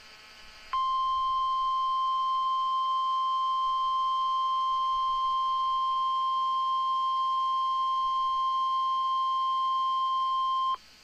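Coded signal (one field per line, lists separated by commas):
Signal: Emergency Alert System (SAME) tones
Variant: 1050 Hz attention tone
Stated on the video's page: Real Tornado Warning alert received at the uploader's own station.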